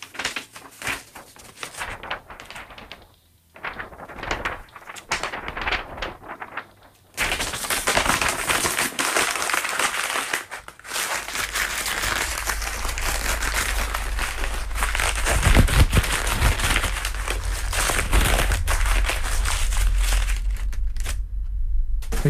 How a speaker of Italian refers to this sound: This is an example of a binaural stereo headphone recording made for the Wikimedia Foundation. I'm now going to take this piece of ordinary printer paper and move it around the stereo field and make some sounds with it.